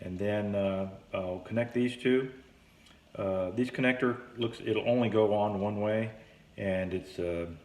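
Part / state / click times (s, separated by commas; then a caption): cable connector into device socket / not seated / none. Someone talks while handling a keyed cable connector that only fits one way, lining it up with its mating socket on a device. Nothing has seated or clicked yet; the connector is not yet home.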